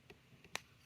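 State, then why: Seated. A piece of a removed glove box lock mechanism from a 1980s Mercedes-Benz is pushed down by hand until its small metal latch arm clicks into place at 0.6 s, leaving the lock in the locked position. Two faint taps come first at 0.1 s and 0.4 s, and the sharp click at 0.6 s is the loudest sound in the clip.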